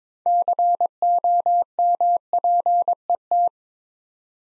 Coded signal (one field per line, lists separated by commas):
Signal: Morse code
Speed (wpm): 22 wpm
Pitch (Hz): 700 Hz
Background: none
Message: COMPET